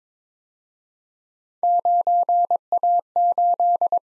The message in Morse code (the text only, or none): 9A8